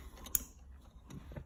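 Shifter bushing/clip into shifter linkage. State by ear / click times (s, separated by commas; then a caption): seated / 0.4 s. A bushing or clip from a COBB short shifter assembly on a 2012 Subaru WRX is pushed into the shifter linkage from the other side. A sharp click at 0.4 s shows it seating, and it is pushed again to make sure it is fully in. Softer clicks follow near 1.1 s and 1.4 s, and the part ends up fully seated.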